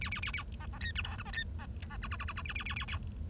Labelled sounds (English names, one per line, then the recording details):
Bengalese Finch song
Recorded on 1 October 2012 at 09:56
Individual or60yw70